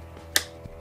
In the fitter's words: you can hear the click, it means that it's secure.